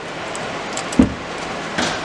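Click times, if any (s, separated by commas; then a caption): none. A second metal brake pad abutment clip is pushed onto a caliper bracket during maintenance on a 2009 Xterra and a 2013 Tundra, but it does not snap in because it is in the wrong spot. Over steady background noise, a short dull knock sounds around 1.0 s and a brief brighter scrape near 1.8 s. Nothing has seated or clicked yet.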